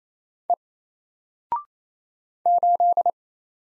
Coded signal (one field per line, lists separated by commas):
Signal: Morse code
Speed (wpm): 27 wpm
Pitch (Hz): 700 Hz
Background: none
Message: E 8